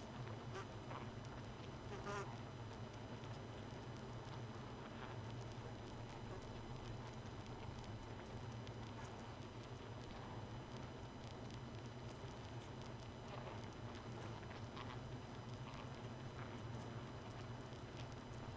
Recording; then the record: honeybee colony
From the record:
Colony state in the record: missing queen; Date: 31 May 2018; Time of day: 1:08